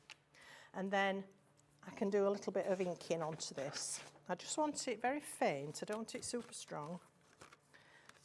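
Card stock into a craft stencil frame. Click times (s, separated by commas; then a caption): 0.1 s. A piece of card stock is pressed back into place in a craft stencil or embossing frame after being removed, and it snaps back in with a sharp, short click at 0.1 s. Someone then talks, and a few soft taps and handling sounds follow near the end.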